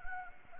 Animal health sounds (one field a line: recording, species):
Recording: mosquito wingbeat signal from an infrared sensor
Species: Anopheles gambiae